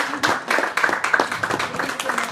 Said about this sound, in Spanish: Por favor, sal aquí. Un fuerte aplauso para Barry Allen, por favor.